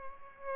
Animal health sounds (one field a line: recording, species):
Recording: mosquito wingbeat signal from an infrared sensor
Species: Aedes albopictus